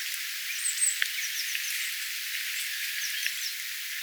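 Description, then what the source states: Thrush twittering softly with high, scratchy chirps and short whistles. Twittering song with varied song themes; possibly a sinihohtorastas or another more eastern yellow-billed thrush species.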